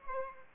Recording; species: mosquito wingbeat signal from an infrared sensor; Aedes aegypti